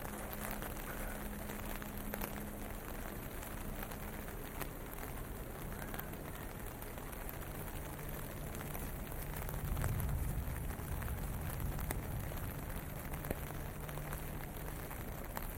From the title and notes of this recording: WALKING IN THE RAIN TOKYO JAPAN. Walking in the streets of Tokyo, Japan.